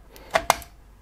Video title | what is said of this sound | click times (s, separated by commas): How To Swap Or Install Your Graphics Card & Drivers From AMD Radeon To Nvidia DDU | put the card in until it clicks into position and you should hear the retention clip fastening | 0.5 s